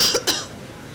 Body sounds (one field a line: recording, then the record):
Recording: coughing mixed with background sound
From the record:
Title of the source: November cold (wet coughing)